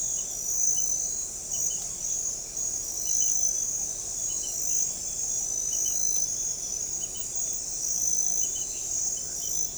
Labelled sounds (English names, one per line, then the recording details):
none
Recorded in forest near Pivijay, Magdalena, Colombia, on 1 June 2023 at 23:30
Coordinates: 10.467, -74.380
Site Z5-G034